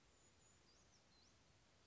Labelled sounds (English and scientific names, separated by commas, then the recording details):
Brown Creeper (Certhia americana)
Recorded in Sonoma County, California